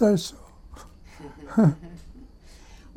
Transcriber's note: they laugh